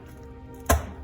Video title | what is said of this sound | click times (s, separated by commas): Put Together Your Own IKEA Kitchen ... no book required | push down until you hear it snap | 0.7 s